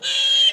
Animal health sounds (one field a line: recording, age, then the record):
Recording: pig call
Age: piglet (1 to 25 days)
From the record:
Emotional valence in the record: negative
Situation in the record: fighting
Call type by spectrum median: high-frequency call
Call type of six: high-frequency modulated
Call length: 0.54 s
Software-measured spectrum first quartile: 3101 Hz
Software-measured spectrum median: 3242 Hz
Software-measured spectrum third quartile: 3639 Hz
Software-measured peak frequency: 3225 Hz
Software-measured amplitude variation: 105 dB a second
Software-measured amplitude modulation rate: 17.7 a second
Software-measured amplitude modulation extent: 5.9 dB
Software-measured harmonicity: 11.4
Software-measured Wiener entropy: -3.69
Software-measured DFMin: 1106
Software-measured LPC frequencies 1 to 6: 650, 1651, 3215, 3927, 5673, 6465 Hz